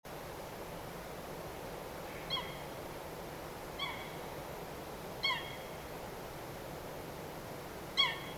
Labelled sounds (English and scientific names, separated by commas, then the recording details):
Eurasian Coot (Fulica atra), unidentified sound
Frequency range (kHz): Eurasian Coot (Fulica atra) 1.0-8.5 kHz
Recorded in France